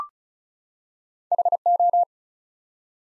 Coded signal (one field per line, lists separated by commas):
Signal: Morse code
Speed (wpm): 36 wpm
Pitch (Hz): 700 Hz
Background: none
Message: HO